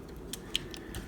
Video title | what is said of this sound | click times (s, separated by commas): Bandai DX Chogokin - Macross Delta VF-31J Siegfried (Hayate Immelman) | And this actually ends up snapping around the back of the cockpit here to lock it in place. | 0.6 s